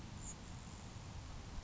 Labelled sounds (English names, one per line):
Grasshopper Sparrow